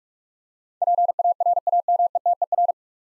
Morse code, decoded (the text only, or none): PARAMETER